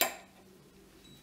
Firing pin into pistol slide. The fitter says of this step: when the firing pin in goes in firing off it'll all click into place